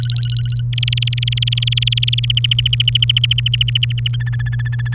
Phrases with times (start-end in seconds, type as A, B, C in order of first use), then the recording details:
0.00-0.61 A, 0.73-2.25 B, 2.30-4.08 C, 4.13-4.94 D. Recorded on 30 April 2018 at 08:11. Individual llb3